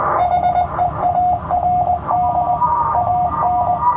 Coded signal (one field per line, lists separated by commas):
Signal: Morse code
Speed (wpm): 20 wpm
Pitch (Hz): 720 Hz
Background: none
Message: HEARD AN